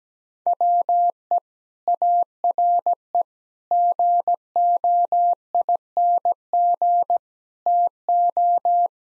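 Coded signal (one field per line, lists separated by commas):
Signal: Morse code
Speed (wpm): 17 wpm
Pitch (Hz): 700 Hz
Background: none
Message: WE ARE GOING TO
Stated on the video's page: Morse practice of sentences containing common four-word phrases at 17 wpm, sent, spoken, then sent again.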